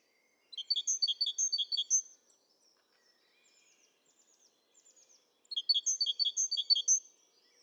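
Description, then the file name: Great tit giving two bursts of quick ringing note groups, separated by a few seconds with soft high twitters in between. "Parus major"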